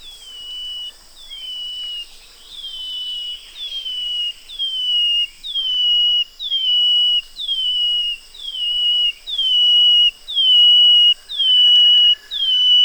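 Brown-headed greenlet giving a long run of clear, high whistles, each opening with a quick downslur and holding a flat tone, roughly once a second, starting softly then growing louder.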